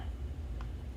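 A locking latch on a plastic storage container lid clicks shut with a single short, sharp snap at 0.6 s over a steady low background hum. The latch seats and the lid is locked.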